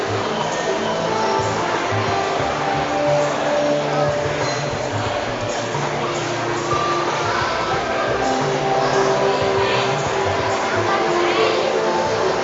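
Commotion in a shopping mall during a soap bubble workshop: a steady, dense wash of overlapping voices with scattered brief tones and clatter throughout.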